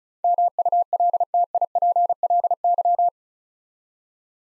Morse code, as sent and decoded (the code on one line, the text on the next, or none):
-- ..- .-.. - .. .--. .-.. -.--
MULTIPLY